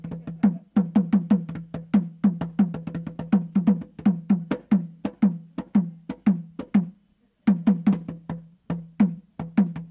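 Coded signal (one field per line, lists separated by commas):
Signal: talking drum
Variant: Saramaka apinti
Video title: Apínti: Talking drum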